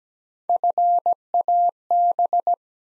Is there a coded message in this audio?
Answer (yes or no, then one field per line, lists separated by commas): yes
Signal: Morse code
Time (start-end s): 0.5-2.5 s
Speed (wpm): 17 wpm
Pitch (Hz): 700 Hz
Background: none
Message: FAB